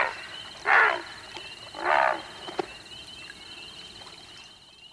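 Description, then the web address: Heron giving two harsh, rasping squawks about a second apart, over a steady high insect drone. At night. "A Guide to Night Sounds. Herons"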